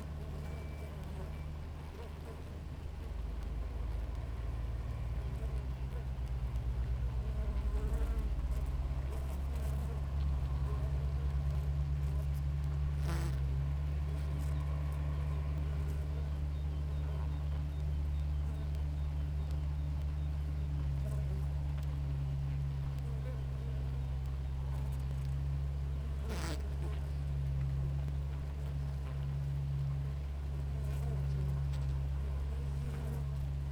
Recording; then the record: honeybee colony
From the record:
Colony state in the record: active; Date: 28 July 2017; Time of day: 6:11